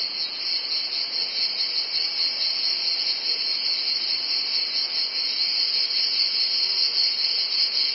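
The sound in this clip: Cicadas keeping up a loud, sizzling high-pitched drone with slight flutter in volume and no pauses or other animal sounds.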